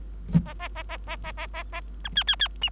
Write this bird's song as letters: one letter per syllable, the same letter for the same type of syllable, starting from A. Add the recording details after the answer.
A A A A A A A A A A B C C C D. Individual Bird3